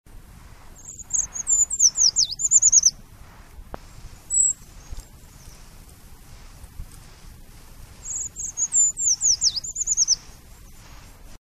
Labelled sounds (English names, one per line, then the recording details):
Eurasian Treecreeper song
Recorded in the wild
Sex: male
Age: adult
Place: Erlangen, Bayern, DE
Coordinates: 49.6339, 10.9561
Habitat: pond
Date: 1962-04-04
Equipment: Stellavox SM 5, Original, Vollspur
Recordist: Tretzel, Erwin
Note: Vordere Mark, Großer Bischofsweiher: Waldlaubsänger: Reviergesang